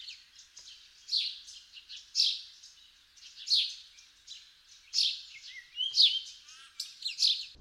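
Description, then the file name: House sparrow chirps, a run of loud bright notes interspersed with quieter twittering sounds. "Passer domesticus"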